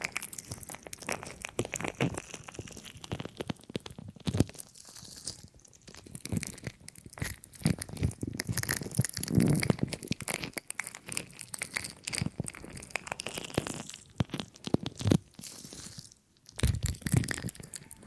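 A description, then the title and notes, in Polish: Ear cleaning: constant crackling, rubbing and crinkling sounds in dense, irregular bursts, with soft low thumps when the tool presses in. Brief near-silent gaps fall around 4, 6, 14 and 16 seconds before the scratching resumes. CZYSZCZENIA USZU ASMR po polsku.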